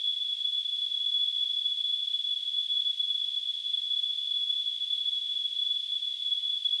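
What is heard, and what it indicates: Simulated tinnitus: a steady, unbroken high-pitched tone at about 3.3 kHz over a faint hiss confined to the high frequencies, with no low-frequency sound, holding at a constant level throughout.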